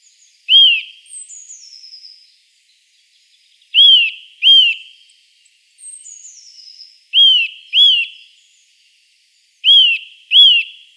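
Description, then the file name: Eurasian nuthatch gives loud high whistled notes, mostly in pairs, each rising then falling, repeated every few seconds, with a softer descending trill between. "Sitta europaea"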